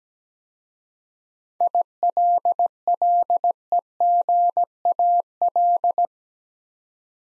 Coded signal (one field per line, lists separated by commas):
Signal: Morse code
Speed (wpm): 17 wpm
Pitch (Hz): 700 Hz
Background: none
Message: ILLEGAL